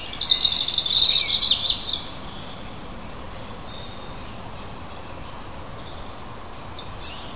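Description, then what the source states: Bird song: a short burst of high, rapid chirping twitters in the first two seconds, then steady background hiss with a faint note at the end. Native birds of a hedgerow, recorded in June.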